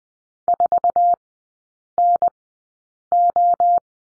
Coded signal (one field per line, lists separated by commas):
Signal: Morse code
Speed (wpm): 20 wpm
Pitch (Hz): 700 Hz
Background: none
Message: 4NO